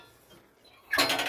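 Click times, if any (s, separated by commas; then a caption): 0.9 s. The steel tire-carrier swing-out arm on an aftermarket rear bumper of a 2017 Chevrolet Colorado ZR2 on 35-inch tires is swung fully open. After a quiet lead-in, a single loud, bright metallic clang rings out at 0.9 s as the arm reaches the end of its travel and locks open.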